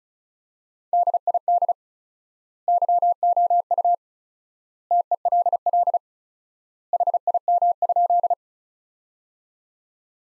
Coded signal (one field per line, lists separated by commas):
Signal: Morse code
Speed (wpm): 34 wpm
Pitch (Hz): 700 Hz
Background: none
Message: DID YOU TELL HIM?